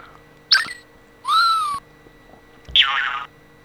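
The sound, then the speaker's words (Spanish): A pitch-warped whistle sound effect: three short tonal bursts, the middle one a bright gliding tone that swoops up and slowly sags, the others shorter and buzzier, with no talking. “El otro era el silbido.”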